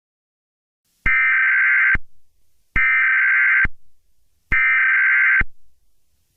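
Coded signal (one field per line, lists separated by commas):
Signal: Emergency Alert System (SAME) tones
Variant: header bursts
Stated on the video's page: Fictional EAS scenario set in Grand Theft Auto locations, made with Wondershare Filmora.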